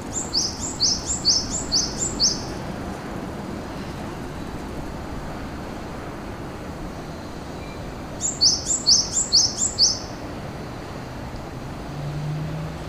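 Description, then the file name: Bird calls in two bursts of several rapid, high, descending two-note chirps, separated by several seconds of quiet low background noise. Shinagawa, March 2008. "bird shinagwa-200803"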